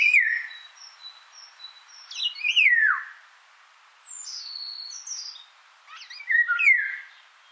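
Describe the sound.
Indian golden oriole song, a run of liquid descending whistles with thin high notes above, four phrases spaced one to two seconds apart.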